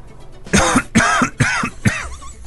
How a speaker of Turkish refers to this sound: Bir daha öksür bakayım.